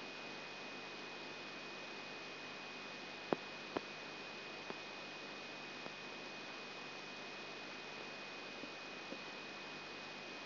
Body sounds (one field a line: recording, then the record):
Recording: brain microelectrode recording played as sound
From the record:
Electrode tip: outside the subthalamic nucleus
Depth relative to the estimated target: -4 mm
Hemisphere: left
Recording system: AlphaMap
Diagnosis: Parkinson's disease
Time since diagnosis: 12 years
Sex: female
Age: 47 years